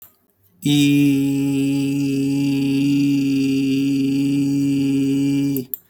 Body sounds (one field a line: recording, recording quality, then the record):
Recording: sustained vowel as in beet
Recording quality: excellent, no background noise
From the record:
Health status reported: healthy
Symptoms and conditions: none ticked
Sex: male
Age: 34 years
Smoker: not ticked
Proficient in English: yes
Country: India